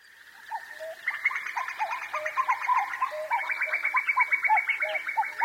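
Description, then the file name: Common cuckoo giving repeated two-note falling calls over a busy high chirping background. "kakko"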